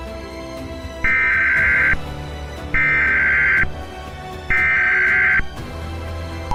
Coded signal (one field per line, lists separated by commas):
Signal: Emergency Alert System (SAME) tones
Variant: header bursts